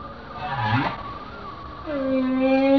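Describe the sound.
Whale tonal call: a short low swooping moan, then after a pause a steady, drawn-out harmonic note that rises slightly and holds to the end.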